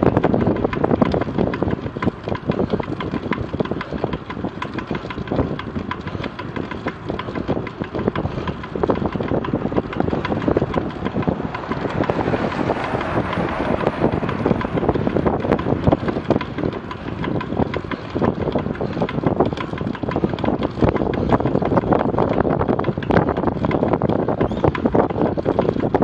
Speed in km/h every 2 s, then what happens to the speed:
23, 24, 24, 23, 23, 23, 23, 22, 21, 21, 22, 22, 21.
0-26 steady at about 23.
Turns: none.